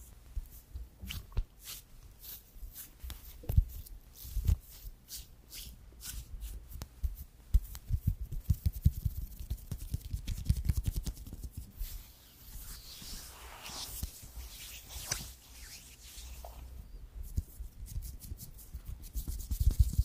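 Creamy products being worked in during a massage: continuous soft rubbing and squishing with frequent short sharp clicks and slaps throughout.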